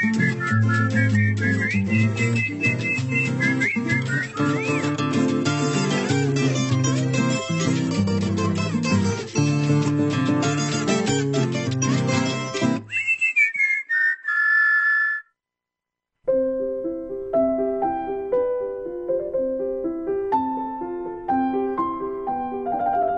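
Loud, full instrumental music gives way to a short, sliding whistled phrase, a brief silence, then a lighter melody of clear, high tones played note by note.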